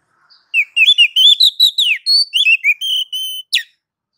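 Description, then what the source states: Oriental magpie-robin calling with a quick run of sweet whistled and chirped notes, some slurred downward, packed together for about three seconds, ending in a sharp descending note. Female calling to the male.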